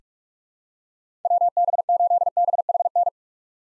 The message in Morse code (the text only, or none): WB8BHN